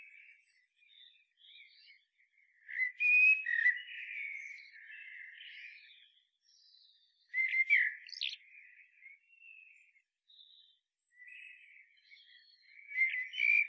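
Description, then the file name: Common blackbird delivering several warbled, flute-like phrases with brief high twittering tails, separated by gaps of a second or two. "Turdus merula"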